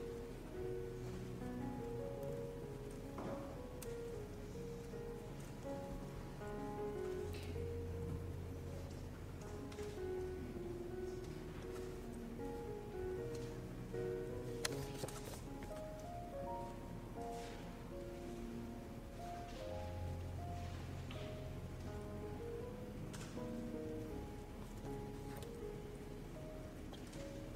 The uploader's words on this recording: Study with me at hogwarts (aka the yale library!).